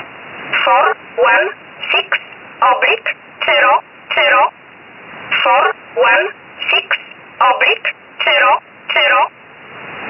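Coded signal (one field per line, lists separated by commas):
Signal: numbers station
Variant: E11 Oblique, English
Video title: 13 05 2019 E11 Oblique Numbers station in English 0450 on 7469 unknown tx site in USB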